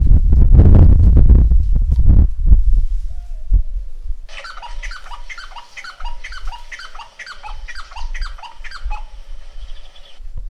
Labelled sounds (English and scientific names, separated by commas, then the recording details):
Black-billed Barbet (Lybius guifsobalito)
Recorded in northern Uganda